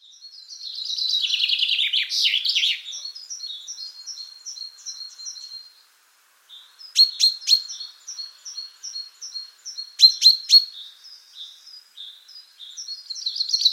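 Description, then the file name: Common chaffinch: a loud descending song phrase, followed by long runs of short, high repeated chips and a few sharp notes. "Fringilla coelebs"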